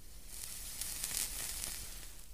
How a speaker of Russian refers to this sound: Я смотрю, как сложенные галочкой пальцы поднимаются к его рту и как округлый кончик сигареты с шипением покрывается магмой. Парень глубоко и с наслаждением затягивается.